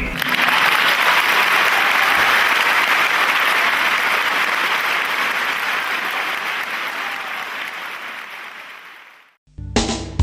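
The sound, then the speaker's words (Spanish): Sustained, dense applause from a group for the interviewee fills about nine seconds at steady loudness, then tapers off and stops abruptly, followed by a brief burst of another sound. “Fue tan hermoso lo que dijiste que vamos a inaugurar una nueva sección del programa, que es aplaudir al entrevistado.”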